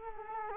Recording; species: mosquito wingbeat signal from an infrared sensor; Culex quinquefasciatus